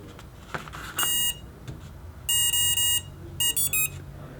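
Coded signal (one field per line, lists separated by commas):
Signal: beep code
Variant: brushless motor ESC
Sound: a high electronic beep, then three equal beeps, then three quick rising-falling tones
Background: quiet room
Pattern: 3 short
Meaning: Three beeps indicate a 3-cell battery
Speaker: It's now activated. 3 beeps means it's a 3-cell battery.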